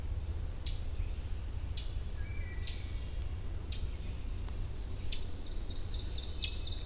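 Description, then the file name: Ovenbird chips, six short sharp high notes spaced about a second apart, over constant low background rumble. Chip calls recorded in Millington, Maryland, on 27 June 2010. "Ovenbird Chipping Millington MD 20100627"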